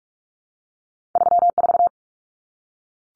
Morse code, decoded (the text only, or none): 34